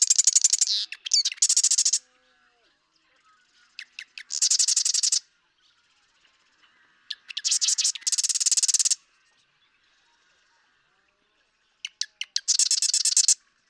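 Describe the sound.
Marsh Wren song: loud, buzzy, rattling trills, each preceded by brief ticking notes and repeated every few seconds with quiet gaps.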